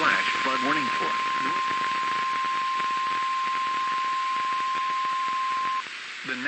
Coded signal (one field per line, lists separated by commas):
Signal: Emergency Alert System (SAME) tones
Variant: 1050 Hz attention tone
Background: speech